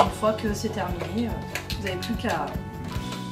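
After cleaning, the removed plastic part of a Dyson V6 Mattress cordless vacuum, possibly the bin or cyclone assembly, is handled to be clipped back onto the vacuum body. Someone talks over background music. The part has not seated or clicked into place yet.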